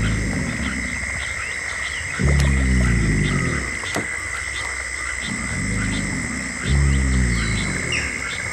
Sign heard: Alligator Snoring.